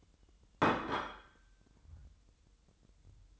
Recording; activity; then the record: daily activity, microphone in the room; place plate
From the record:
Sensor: 3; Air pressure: 988.6 hPa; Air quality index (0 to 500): 198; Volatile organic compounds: 343 ppm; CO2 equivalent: 4570 ppm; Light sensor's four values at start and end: 22/71/30/25 and 22/71/30/25